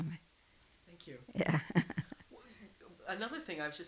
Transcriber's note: laughs